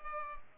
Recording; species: mosquito wingbeat signal from an infrared sensor; Culex pipiens